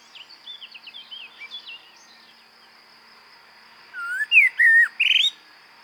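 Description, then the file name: Common blackbird song: a wavering whistled phrase followed by a scratchy high note, with soft twittering earlier and a steady high hum throughout. "Turdus merula"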